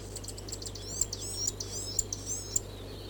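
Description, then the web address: Chatham Island fantail song: high, squeaky wavering notes with sharp ticks scattered through, over a steady low hum. "bird-song chatham-island-fantail"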